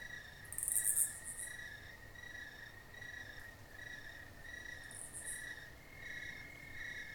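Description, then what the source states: Crickets chirping, a steady high pulsing trill repeated continuously, with a raspy buzzing insect bursting in twice over the quiet background. Crickets in a country field at night, with a raspy cicada calling nearby.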